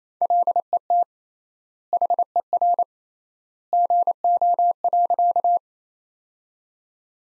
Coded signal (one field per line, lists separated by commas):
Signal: Morse code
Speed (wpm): 27 wpm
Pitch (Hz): 700 Hz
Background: none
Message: LET HER GO.